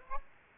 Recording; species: mosquito wingbeat signal from an infrared sensor; Aedes aegypti